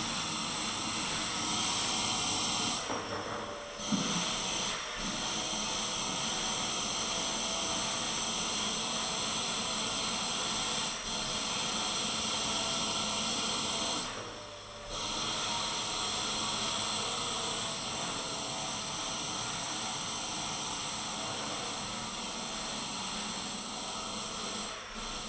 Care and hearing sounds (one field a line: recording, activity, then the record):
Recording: daily activity, microphone in the room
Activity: vacuum cleaning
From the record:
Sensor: 4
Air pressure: 995.3 hPa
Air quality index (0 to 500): 199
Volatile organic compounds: 147 ppm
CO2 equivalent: 4008 ppm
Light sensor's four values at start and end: 8/21/8/9 and 9/22/8/10